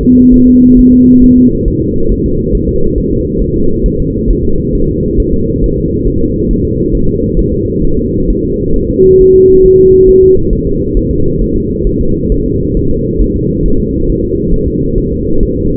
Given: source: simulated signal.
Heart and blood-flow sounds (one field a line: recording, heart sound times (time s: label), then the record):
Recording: fetal heart sounds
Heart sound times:
0.03 s: S2
0.34 s: S1
0.48 s: S2
0.79 s: S1
0.93 s: S2
1.24 s: S1
1.38 s: S2
1.68 s: S1
1.82 s: S2
2.12 s: S1
2.26 s: S2
2.55 s: S1
2.69 s: S2
2.98 s: S1
3.12 s: S2
3.42 s: S1
3.56 s: S2
3.86 s: S1
4.00 s: S2
4.31 s: S1
4.45 s: S2
4.75 s: S1
4.90 s: S2
5.20 s: S1
5.34 s: S2
5.64 s: S1
5.78 s: S2
6.08 s: S1
6.22 s: S2
6.51 s: S1
6.65 s: S2
6.95 s: S1
7.09 s: S2
7.39 s: S1
7.54 s: S2
7.85 s: S1
7.99 s: S2
8.30 s: S1
8.45 s: S2
8.76 s: S1
8.90 s: S2
9.21 s: S1
9.36 s: S2
9.66 s: S1
9.80 s: S2
10.09 s: S1
10.23 s: S2
10.53 s: S1
10.67 s: S2
10.97 s: S1
11.11 s: S2
11.42 s: S1
11.56 s: S2
11.87 s: S1
12.01 s: S2
12.32 s: S1
12.46 s: S2
12.77 s: S1
12.91 s: S2
13.22 s: S1
13.36 s: S2
13.66 s: S1
13.80 s: S2
14.09 s: S1
14.24 s: S2
14.54 s: S1
14.68 s: S2
14.98 s: S1
15.12 s: S2
15.43 s: S1
15.57 s: S2
From the record:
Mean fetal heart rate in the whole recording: 135 bpm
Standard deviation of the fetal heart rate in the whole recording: 3 bpm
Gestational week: 36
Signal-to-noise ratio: -16.4 dB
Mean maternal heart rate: 72 bpm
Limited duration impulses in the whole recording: present